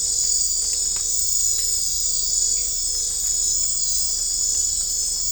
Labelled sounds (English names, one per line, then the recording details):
none
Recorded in dense forest near Puerto Asís, Putumayo, Colombia, on 22 December 2024 at 21:30
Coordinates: 0.500, -76.322
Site G053